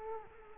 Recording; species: mosquito wingbeat signal from an infrared sensor; Culex quinquefasciatus